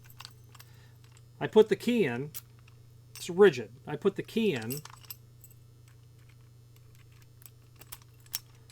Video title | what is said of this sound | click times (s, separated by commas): PDQ GP148 PHL 626 Grade II Cylindrical Lockset | rotate it 360 degrees I heard a click now it's unlocked | 8.4 s